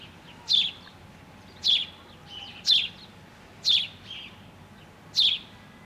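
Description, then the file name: House sparrow giving loud, harsh chirps about once per second, with quieter chirps in between over a faint hum. "Passer domesticus"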